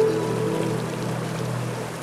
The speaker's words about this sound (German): 6 Stunden südöstlich von Marrakesch liegt Magdas. Ein von der Welt vergessener Ort auf 2000 Metern Höhe. Ganz am Ende der grünbewachsenen Schlucht, durch die der Tessaoud-Fluss hindurchrauscht.